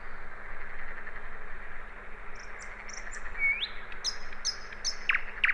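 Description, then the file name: Common nightingale: quiet high notes, one rising whistled slur, then a few repeated high chirps and two harsh buzzy notes near the end, with steady hum. "Luscinia megarhynchos"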